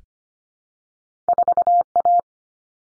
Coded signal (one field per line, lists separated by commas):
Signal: Morse code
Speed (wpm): 25 wpm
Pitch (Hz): 700 Hz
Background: none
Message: 4A